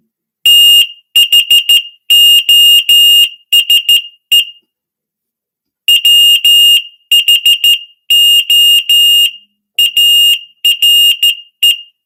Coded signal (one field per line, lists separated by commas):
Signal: Morse code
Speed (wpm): 13 wpm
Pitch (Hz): 2850 Hz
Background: none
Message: THOSE WHO ARE